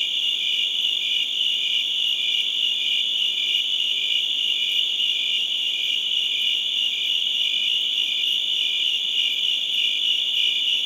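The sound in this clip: Long stretch of crickets calling, a shimmering high chorus with faint rhythmic pulsing and no other sounds.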